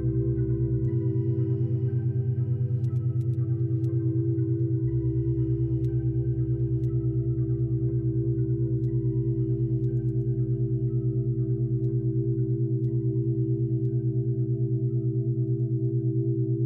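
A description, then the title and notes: Binaural beats: a steady, dense hum of stacked low tones that holds at an even loudness throughout. The lowest bass layer shifts pitch in blocks, at about one, five, nine and thirteen seconds, while faint clicks flicker now and then above. Binaural Beats.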